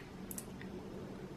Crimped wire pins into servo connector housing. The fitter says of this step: if you heard they all snapped in let's make sure that one's gone in yeah that's